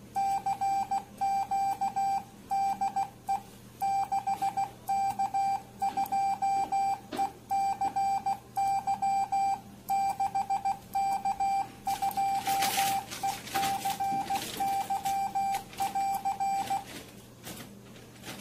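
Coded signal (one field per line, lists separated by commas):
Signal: Morse code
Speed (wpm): 16 wpm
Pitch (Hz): 790 Hz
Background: none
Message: CQ DE 6K2ECY 6K2ECY<AR>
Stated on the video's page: MCW sent over a direct (simplex) DMR radio contact using an electronic CW keyer that generates MCW.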